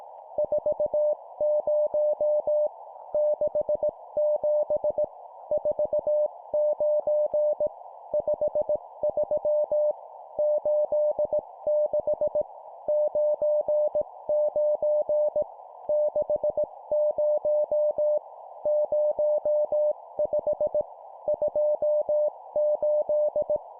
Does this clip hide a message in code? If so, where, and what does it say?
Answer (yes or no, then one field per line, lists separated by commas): yes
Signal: Morse code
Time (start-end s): 0.4-23.6 s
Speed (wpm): 18 wpm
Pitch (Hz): 600 Hz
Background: none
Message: 40 67 49 53 86 99 60 05 28